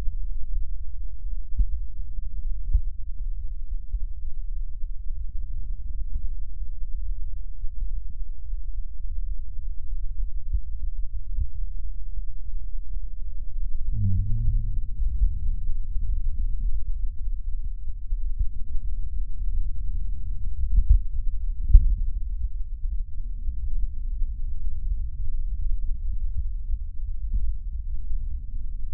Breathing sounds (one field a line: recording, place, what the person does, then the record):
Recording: lung sounds by stethoscope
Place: left anterior apical chest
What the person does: quiet breathing, then deep breathing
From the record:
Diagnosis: pulmonary infection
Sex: male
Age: 74 years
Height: 171 cm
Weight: 80 kg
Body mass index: 27.4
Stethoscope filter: bell mode